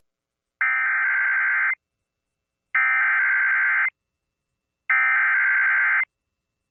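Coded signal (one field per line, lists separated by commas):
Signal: Emergency Alert System (SAME) tones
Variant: header bursts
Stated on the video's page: Real EAS alerts from a severe weather day, including relays from Missoula, Butte and Great Falls.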